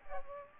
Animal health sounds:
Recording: mosquito wingbeat signal from an infrared sensor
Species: Aedes aegypti

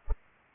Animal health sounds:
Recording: mosquito wingbeat signal from an infrared sensor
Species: Culex pipiens

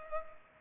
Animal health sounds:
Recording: mosquito wingbeat signal from an infrared sensor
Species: Culex pipiens

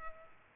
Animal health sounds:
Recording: mosquito wingbeat signal from an infrared sensor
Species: Culex pipiens

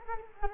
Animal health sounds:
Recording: mosquito wingbeat signal from an infrared sensor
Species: Culex quinquefasciatus

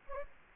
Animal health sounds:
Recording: mosquito wingbeat signal from an infrared sensor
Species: Anopheles gambiae

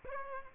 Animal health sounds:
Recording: mosquito wingbeat signal from an infrared sensor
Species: Aedes aegypti

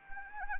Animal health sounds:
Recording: mosquito wingbeat signal from an infrared sensor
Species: Anopheles arabiensis

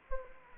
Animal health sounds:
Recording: mosquito wingbeat signal from an infrared sensor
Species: Anopheles gambiae

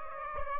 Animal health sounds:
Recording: mosquito wingbeat signal from an infrared sensor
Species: Aedes aegypti

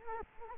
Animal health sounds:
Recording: mosquito wingbeat signal from an infrared sensor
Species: Culex quinquefasciatus

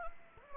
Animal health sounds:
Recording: mosquito wingbeat signal from an infrared sensor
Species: Anopheles gambiae

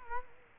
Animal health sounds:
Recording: mosquito wingbeat signal from an infrared sensor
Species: Culex quinquefasciatus

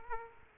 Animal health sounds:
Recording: mosquito wingbeat signal from an infrared sensor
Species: Aedes aegypti

